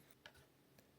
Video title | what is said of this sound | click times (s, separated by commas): Insta360 FLASH PRINT Bundle - ULTIMATE PHOTOGRAPHY Accessory REVIEW/UNBOXING & SETUP For ACE PRO 2 | That magnetically snaps into place. | 0.3 s